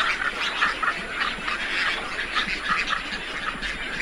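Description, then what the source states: Herons and storks in a large mixed flock, an unbroken babble of harsh squawks from many birds at once. Large mixed flock of herons and storks vocalising together.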